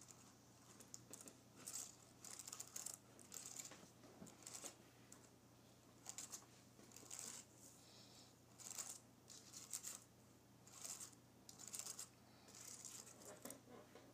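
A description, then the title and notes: Fingernails graze across a keyboard in short, bright scratching strokes, each lasting about half a second and coming roughly once every second, with brief pauses between clusters. A faint, steady low hum runs underneath throughout. Nails Grazing Across my Keyboard.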